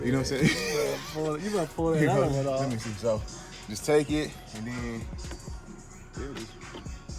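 A plastic fender nameplate emblem with clip pins is handled and lined up to be pressed into the holes of a 2015 Ford F-150 truck fender, while someone talks over background music. Nothing has seated or clicked yet.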